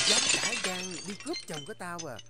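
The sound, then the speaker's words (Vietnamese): A sharp crash of shattering glass bursts out at the start, its bright, noisy clatter quickly giving way to a woman's loud, angry shouting, her voice rising and falling. “Hôm nay là nể mọi người lắm mới uống, tất cả đang vui vẻ, thì từ đâu truyền tới tiếng đổ vỡ và chửi rủa.”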